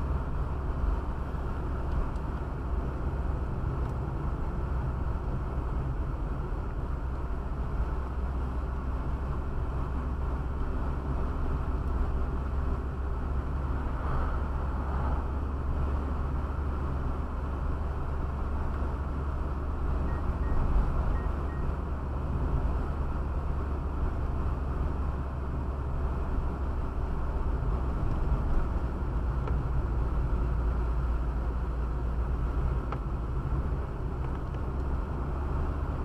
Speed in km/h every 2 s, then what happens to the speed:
40, 37, 35, 35, 40, 39, 40, 35, 42, 43, 44, 44, 42, 39, 37, 32, 33, 43.
0-6 steady at about 35. 10-22 steady at about 42. 22-31 slows to 32. 31-36 speeds up to 43.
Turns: 0-5, 10-16, 25-36.